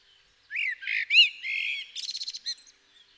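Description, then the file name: Common blackbird song: mellow whistled notes, then a quick squeaky twittering flourish at the end of the phrase. "Turdus merula"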